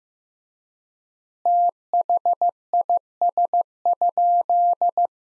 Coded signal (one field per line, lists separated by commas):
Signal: Morse code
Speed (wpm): 15 wpm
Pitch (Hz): 700 Hz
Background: none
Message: THIS?